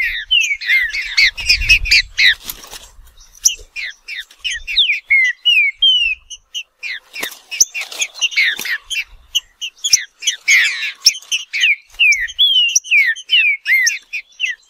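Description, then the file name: Green-winged saltator singing long, busy phrases of clear slurred whistles and sharp chips, dipping in and out with short gaps. "canto do trinca ferro"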